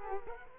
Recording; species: mosquito wingbeat signal from an infrared sensor; Culex quinquefasciatus